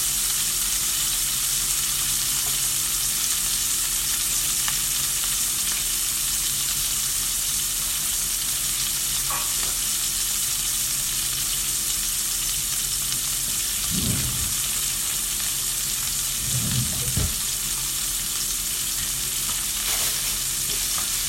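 Chicken breast pan-frying, a steady, dense sizzle with a bright hiss that holds level throughout. A low hum runs underneath, and a few soft knocks and scrapes, likely the pan or a utensil being moved, come around fourteen and seventeen seconds.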